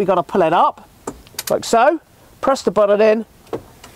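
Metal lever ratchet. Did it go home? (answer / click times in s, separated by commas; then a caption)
released / 3.5 s, 3.8 s. Someone talks while the handbrake lever in a Zefiro 685 motorhome cab is pulled up and its release button is pressed in. The lever then lets go with two soft clicks at 3.5 s and 3.8 s, and the handbrake is released.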